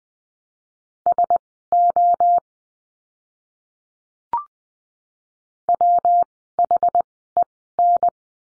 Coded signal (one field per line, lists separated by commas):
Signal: Morse code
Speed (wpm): 20 wpm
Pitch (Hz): 700 Hz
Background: none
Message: SO WHEN